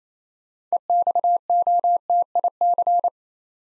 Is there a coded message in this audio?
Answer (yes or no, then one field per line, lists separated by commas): yes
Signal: Morse code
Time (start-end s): 0.7-3.1 s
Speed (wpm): 27 wpm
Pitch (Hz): 700 Hz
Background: none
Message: EXOTIC